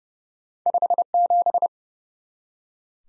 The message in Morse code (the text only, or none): 57